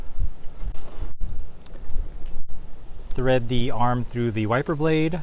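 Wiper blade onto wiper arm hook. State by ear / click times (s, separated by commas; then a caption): not seated / none. Someone handles the smaller passenger-side wiper blade of a 2009-2015 Honda Pilot, with its cover lifted, while threading the wiper arm through the blade to line it up on the arm hook. Faint handling noises and a brief tap at 1.7 s are heard, and from about 3.1 s someone talks. The blade has not seated or clicked onto the arm yet.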